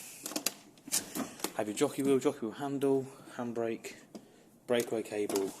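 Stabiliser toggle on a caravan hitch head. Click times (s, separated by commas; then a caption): 0.5 s. The stabiliser handle on the hitch head of a 2020 Sprite Major 4EB caravan is lifted, and a sharp mechanical clack at 0.5 s marks the toggle letting go. Someone then talks over a few more short knocks. The stabiliser is released.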